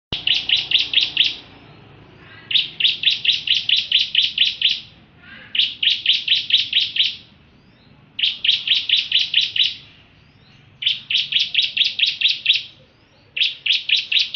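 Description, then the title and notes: Bar-winged prinia singing repeated bursts of fast, sharp chirps, each burst lasting a second or two and separated by short gaps. Full chirping song with continuous rolling song style (ngerol). "Suara Kicau Burung Prenjak Lengkap dan Ngerol"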